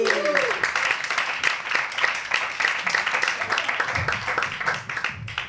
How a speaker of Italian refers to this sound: Se volete potete abbandonare la sala, avreste tutta la mia comprensione, ma altrimenti se rimanete un grandissimo applauso